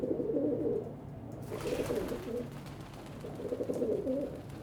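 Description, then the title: Pigeon coos in three rolling, throaty phrases about a second long, separated by short pauses, over a low background rumble. Several pigeons on a balcony in Saint-Gilles, Belgium, cooing and fighting with wing beats; recorded on a Sony PCM-D100 with internal microphones in wide position. "Saint-Gilles, Belgique - Pigeons on the balcony"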